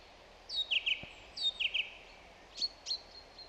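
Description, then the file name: Song thrush song: a whistled phrase sung twice in a row, then two sharp high notes, against constant background hiss. "Zanglijster Turdus philomelos"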